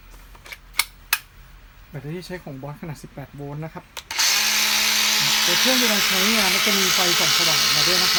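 An 18V slide-in battery pack is pushed into the base of a Bosch GWX 18V-10 SC X-Lock 5-inch cordless angle grinder and latches with a sharp plastic click at 1.1 s, seating it. Someone then talks briefly, and at about 4.1 s the grinder's motor starts and keeps running steadily to the end while someone talks over it.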